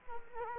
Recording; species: mosquito wingbeat signal from an infrared sensor; Culex quinquefasciatus